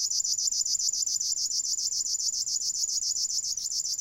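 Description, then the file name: River warbler song, a dry insect-like buzzing made of rapid pulses, running steadily without a break. "Strumieniowka"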